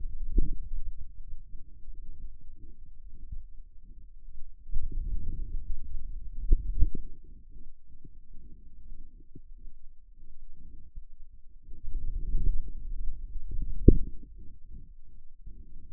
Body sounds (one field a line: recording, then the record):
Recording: forearm muscle sounds (acoustic myography)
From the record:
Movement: outward rotation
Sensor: system 2, bracelet of six BSWA MPA416 microphones around the upper forearm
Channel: 2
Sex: male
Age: 22 years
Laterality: right